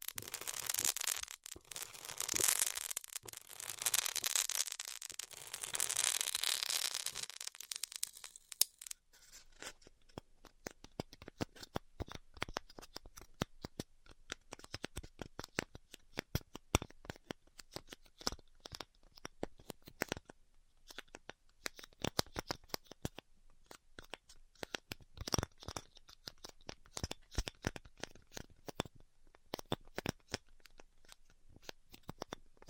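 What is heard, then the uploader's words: Styrofoam is heat cut with a dense bright hiss for eight seconds, then gives way to sparse, irregular crackles and ticks. ASMR Styrofoam Heat Cutting (No Talking).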